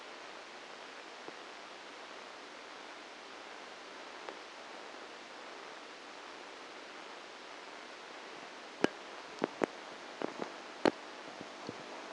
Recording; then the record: brain microelectrode recording played as sound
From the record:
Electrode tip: outside the subthalamic nucleus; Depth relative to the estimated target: 4 mm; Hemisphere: right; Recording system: NeuroSet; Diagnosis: Parkinson's disease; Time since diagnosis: 9 years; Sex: female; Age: 51 years